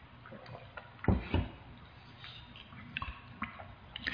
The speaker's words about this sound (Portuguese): Deixa eu tomar água aqui.